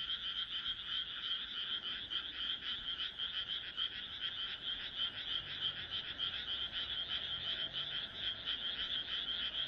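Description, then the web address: Frogs calling in a dense chorus, a steady stream of rapid, rattling pulses overlapping throughout with no pause. "kaeru kaeru"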